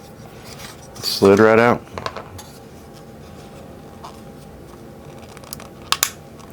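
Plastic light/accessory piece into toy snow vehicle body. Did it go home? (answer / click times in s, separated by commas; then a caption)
yes / 5.9 s, 6.0 s. A brittle plastic light/accessory piece is worked into the body of a vintage G.I. Joe Snow Cat toy vehicle after it first would not snap in and slid out. Someone talks early on, followed by faint plastic scrapes and taps around 2.1 s and 5.4–5.5 s. Two sharp plastic clicks at 5.9 s and 6.0 s mark the part snapping into place.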